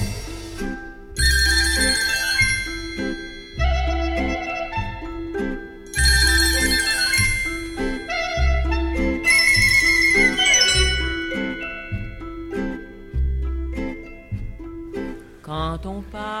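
A telephone ringing in bright, trilling bursts rings out several times over a French song's steady, thumping bass rhythm, played on France Culture radio; the high metallic rings loud and repeated in short clusters.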